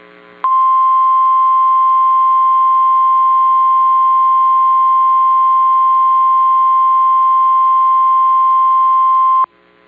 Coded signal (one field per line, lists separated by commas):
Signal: Emergency Alert System (SAME) tones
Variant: 1050 Hz attention tone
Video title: Laclede County, MO Civil Emergency Messages EAS Audio | 04/23/2024